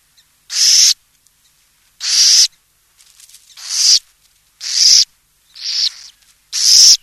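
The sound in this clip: Burrowing owl giving harsh, hissing rasps, each burst about half a second long, repeated roughly every one to one and a half seconds with silent gaps.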